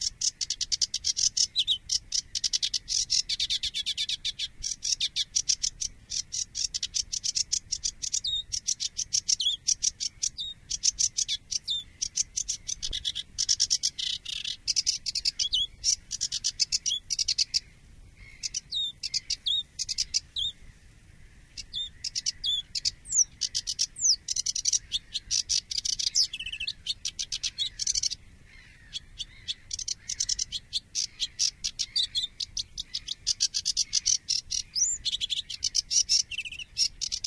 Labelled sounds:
Sedge Warbler song

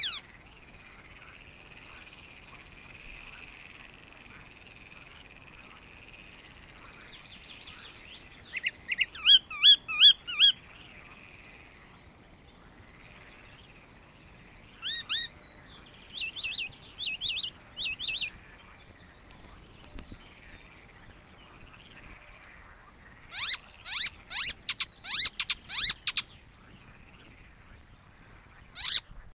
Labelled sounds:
Icterine Warbler

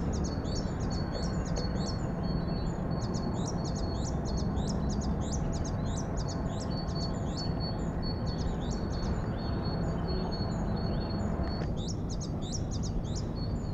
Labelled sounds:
Eurasian Blue Tit

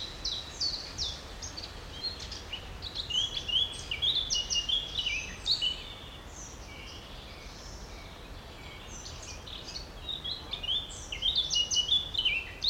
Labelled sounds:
Common Chiffchaff

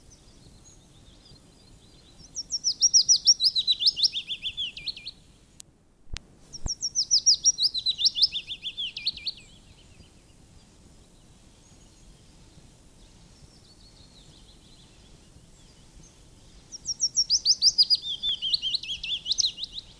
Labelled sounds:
Willow Warbler song

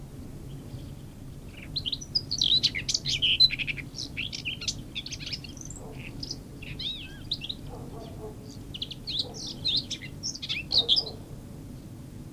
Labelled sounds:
Common Whitethroat song

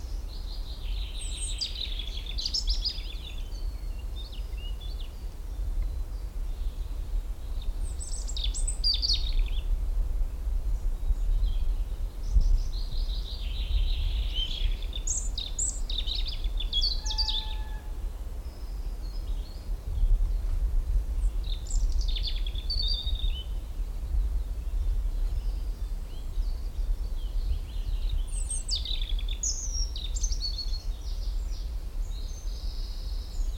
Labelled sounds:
European Robin

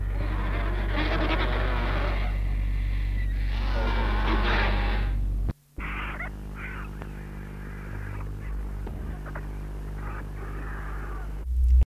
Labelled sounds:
Rüppell's Vulture call

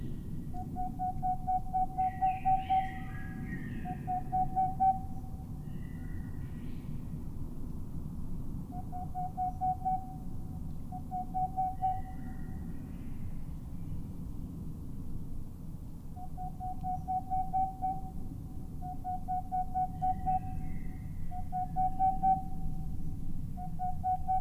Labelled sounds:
Boreal Owl

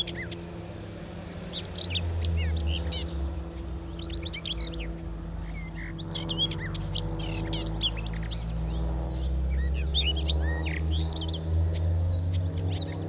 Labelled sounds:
Garden Warbler song

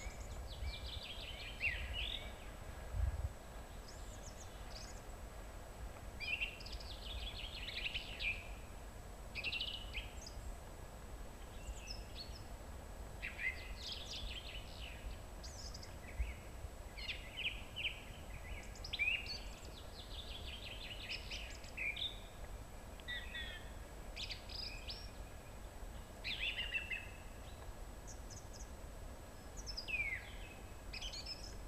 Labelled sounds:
Song Thrush song

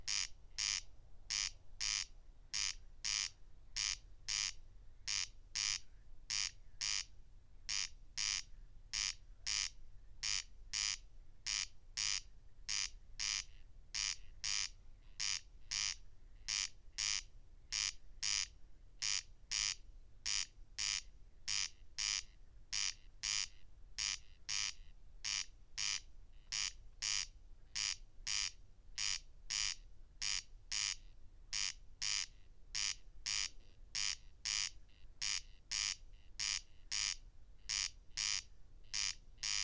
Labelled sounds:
Corn Crake song

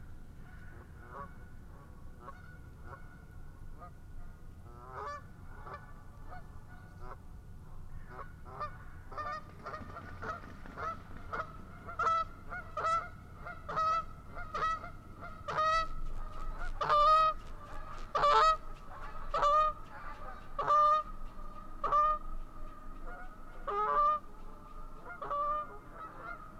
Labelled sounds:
Canada Goose call

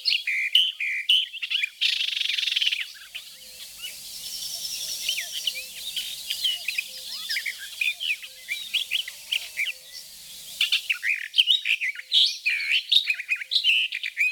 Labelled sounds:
Barred Warbler song

